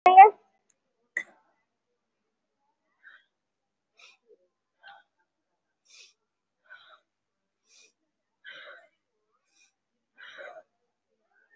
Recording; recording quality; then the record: shallow breathing; excellent, no background noise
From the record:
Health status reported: COVID-19 positive, moderate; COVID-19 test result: positive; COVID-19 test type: RT-PCR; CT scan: taken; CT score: 3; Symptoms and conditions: cough, cold, breathing difficulty, sore throat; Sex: female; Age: 75 years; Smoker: no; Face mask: worn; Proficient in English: no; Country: India